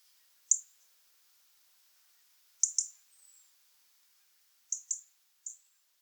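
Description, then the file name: European robin calling with thin, very high single and doubled notes, spaced irregularly, with one faint drawn-out note after the first pair; otherwise quiet. "Erithacus rubecula"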